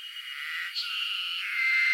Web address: Sound Effects-Foundation INSECT CICADA NORTHERN JAPAN SUMMER